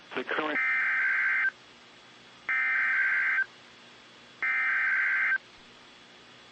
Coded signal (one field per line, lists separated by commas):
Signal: Emergency Alert System (SAME) tones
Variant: header bursts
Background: speech